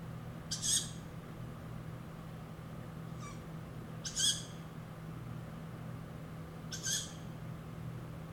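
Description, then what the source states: Tawny owl uttering three rasping high calls, plus one fainter call in between, against a continuous low hum. Young tawny owl that has left the nest (branchling).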